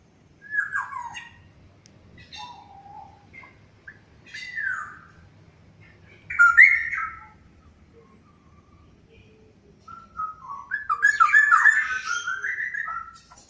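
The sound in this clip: Straw-headed bulbul song: loud bubbling, warbled phrases in short bursts separated by pauses, ending in a longer rich tumbling outpouring.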